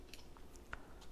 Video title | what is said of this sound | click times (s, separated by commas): Mount your computer in style - Bryton Sport Cycling Computer Out-In-Front Mount Review | that nice click. | 0.7 s